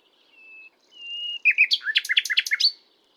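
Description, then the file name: Common nightingale phrase opening with two pure drawn-out whistles, then a loud rapid sequence of chopped notes. "Luscinia megarhynchos"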